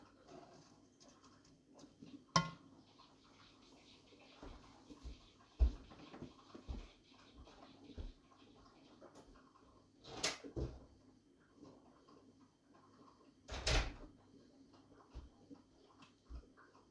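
Cooking sounds over a low, steady hum and a faint constant hiss. Scattered sharp knocks and clatters break through, the loudest near 2, 6, 10 and 14 seconds, with softer clicks and taps in between and no steady chopping rhythm.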